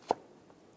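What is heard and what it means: The position-assurance safety tab on the sensor harness plug of a 2010-2016 Cadillac SRX parking assist sensor is pressed in. It snaps in with a sharp, bright click at 0.1 s, followed by a much fainter tick at 0.5 s. The lock tab is confirmed fully seated.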